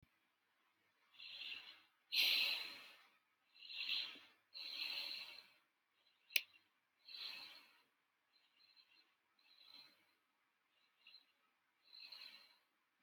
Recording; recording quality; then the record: deep breathing; excellent, no background noise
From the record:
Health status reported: healthy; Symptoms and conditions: none ticked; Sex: male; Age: 35 years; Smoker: not ticked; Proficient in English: no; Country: India